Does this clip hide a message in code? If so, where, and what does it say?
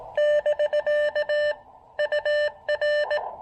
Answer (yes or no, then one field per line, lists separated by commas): yes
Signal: Morse code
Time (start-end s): 0.2-3.2 s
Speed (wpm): 19 wpm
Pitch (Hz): 590 Hz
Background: none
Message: <BK> UR